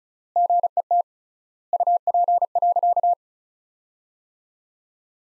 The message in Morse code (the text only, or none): GET UP.